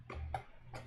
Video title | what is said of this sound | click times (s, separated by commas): Prusa i3 MK2S Un-Boxing and Assembly 2 | now click get that a little click in there that's like like you can feel it more than you can hear it | 0.3 s